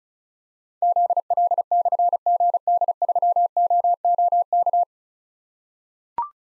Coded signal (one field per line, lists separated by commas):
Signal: Morse code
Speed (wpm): 36 wpm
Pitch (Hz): 700 Hz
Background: none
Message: ZL/GD3OOK